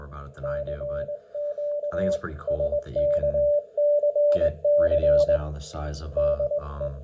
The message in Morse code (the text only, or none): CQ SKCC DE